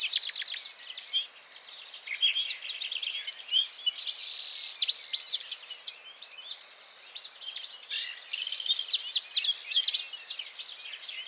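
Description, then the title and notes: Citril finch song: a continuous, lively mix of high chirps, jingling phrases and buzzy trills from a group of birds singing together. Several birds gathered at the end of winter in the mountains, males singing enthusiastically before females; 17 March 2017, Vallon de Combeau, Drôme, France; recorded with Nagra Seven and Telinga P7. "Printemps de Venturon. 17 mars 2017-Vallon de Combeau - Drôme. le chant du Venturon montagnard ( Serinus citrinella)"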